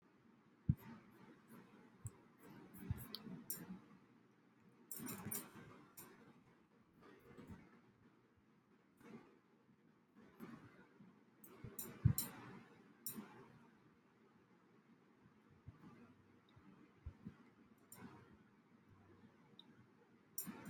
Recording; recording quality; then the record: shallow voluntary cough; poor, much background noise or distortion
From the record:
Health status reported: healthy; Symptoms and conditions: chronic lung disease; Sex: male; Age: 26 years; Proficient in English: yes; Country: India